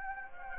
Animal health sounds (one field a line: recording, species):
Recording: mosquito wingbeat signal from an infrared sensor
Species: Anopheles gambiae